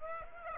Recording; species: mosquito wingbeat signal from an infrared sensor; Aedes aegypti